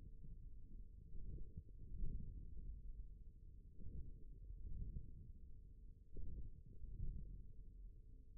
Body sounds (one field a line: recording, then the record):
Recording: forearm muscle sounds (acoustic myography)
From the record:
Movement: hand closing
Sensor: system 1, eight BSWA MPA416 microphones around the upper forearm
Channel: 2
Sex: male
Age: 41 years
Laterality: right